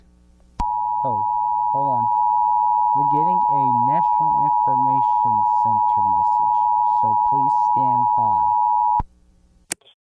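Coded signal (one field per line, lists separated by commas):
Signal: Emergency Alert System (SAME) tones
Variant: 853 and 960 Hz attention tone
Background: speech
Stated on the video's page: Fictional EAS scenario.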